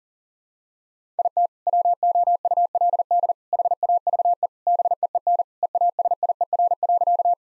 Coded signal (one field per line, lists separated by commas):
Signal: Morse code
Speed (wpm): 40 wpm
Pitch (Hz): 700 Hz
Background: none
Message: IT WOULD HAVE BEEN EASIER.